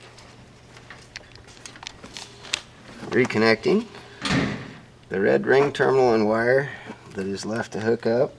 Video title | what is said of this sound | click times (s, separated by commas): IQ SPEED BOX | which in most models will be open inserting the white wire until it snaps in | 2.5 s